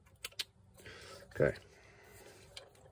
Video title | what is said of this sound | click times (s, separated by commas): 04 Infiniti QX56 Fuel pump replacement | stick around there you should hear a nice little click | 0.2 s, 0.4 s